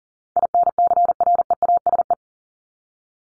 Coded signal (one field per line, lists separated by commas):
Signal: Morse code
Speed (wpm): 40 wpm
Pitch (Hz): 700 Hz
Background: none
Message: INCREASE